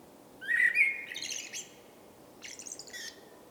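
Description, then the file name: Common blackbird song: a brief low fluting phrase rising slightly, followed by a short squeaky twittering flourish, then a second softer twitter. "Turdus merula"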